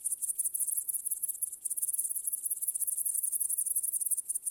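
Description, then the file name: Cricket chirping: thin, very high pulses repeated quickly and evenly, forming a continuous shrill rhythm. "świerszcze"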